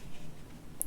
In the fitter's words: and it'll click into place i'll just show you the assembly again from the front